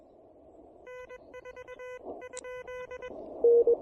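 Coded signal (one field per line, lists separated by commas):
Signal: Morse code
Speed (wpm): 21 wpm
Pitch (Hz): 2000 Hz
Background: none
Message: N4 ?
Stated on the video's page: QRP summit activation pile-up using an Elecraft KH1 with speaker-wire antenna, on 20, 40 and 17 meters.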